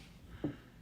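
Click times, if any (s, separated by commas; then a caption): 0.4 s. A phone mount clamp from a GorillaPod Creator Kit flexible tripod is pushed into the tripod head until it locks. A single short click sounds at 0.4 s against a quiet background, and the mount is locked in place.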